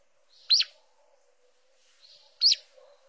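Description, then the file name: Green-winged saltator giving two sharp, emphatic chirps about two seconds apart, each preceded by a soft buzzy lead-in. "canto do bico duro"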